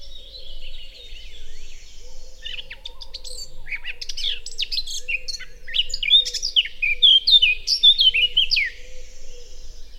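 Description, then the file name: Eurasian blackcap song starting as a scratchy, hurried warble that builds into louder, clear fluty phrases toward the end, with a low steady hum underneath. "Sylvia atricapilla"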